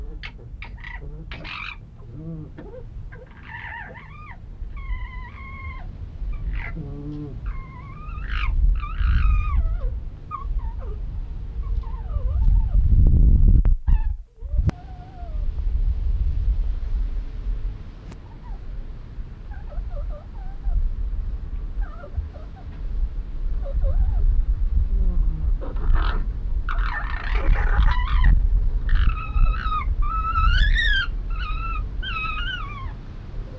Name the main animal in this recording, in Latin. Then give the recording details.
Vulpes corsac. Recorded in captivity. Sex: female. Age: adult. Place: Zoo Halle, Sachsen-Anhalt, DE. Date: 1977-09-06 14:23. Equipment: Nagra SN, Kopie Uher Variocord. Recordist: Tembrock, Günter